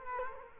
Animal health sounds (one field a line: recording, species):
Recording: mosquito wingbeat signal from an infrared sensor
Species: Culex quinquefasciatus